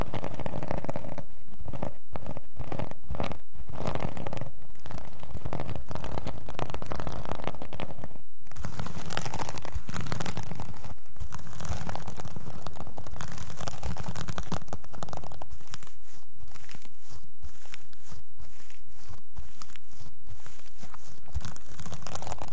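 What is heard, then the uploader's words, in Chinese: Scratching sounds, a dense rough rasping that runs almost without a break for the whole recording. Short gaps cut in regularly, about every second in the first few seconds and again after fifteen seconds, where the strokes become choppier and more separated. 抓挠声。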